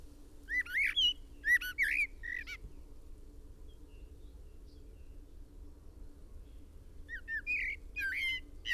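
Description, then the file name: Common blackbird song, rich warbled whistles with scratchy high ends, one phrase near the start and another near the end after a long pause. "Turdus merula"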